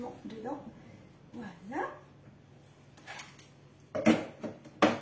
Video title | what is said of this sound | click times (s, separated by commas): GIace vanille fraises | Et là, on a entendu le clac, j'ai verrouillé, donc là on presse sur marche. | 4.8 s